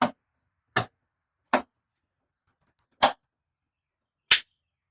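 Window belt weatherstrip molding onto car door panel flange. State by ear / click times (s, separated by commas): seated / 0.0 s, 0.8 s, 1.5 s, 4.3 s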